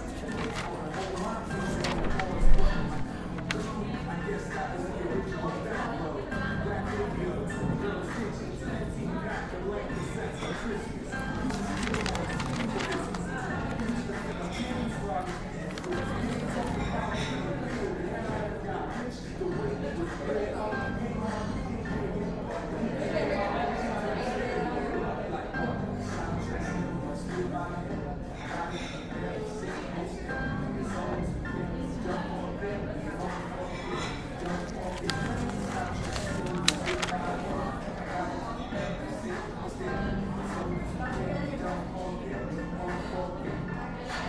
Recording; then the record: background sound without coughing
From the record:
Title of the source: 60 minutes of coffee shop sounds for study and concentration